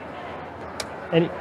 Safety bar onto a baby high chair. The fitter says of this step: as I'm putting all the parts uh onto the chair you actually hear an audible click so for safety reasons you can hear the audible click and know that it's uh